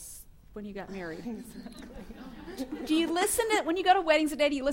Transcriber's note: laughter